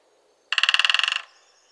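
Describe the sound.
Great spotted woodpecker drumming: one quick roll of many sharp, evenly spaced knocks lasting under a second.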